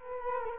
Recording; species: mosquito wingbeat signal from an infrared sensor; Culex quinquefasciatus